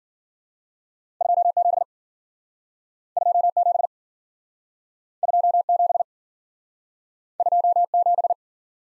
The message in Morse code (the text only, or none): 27 27 27 27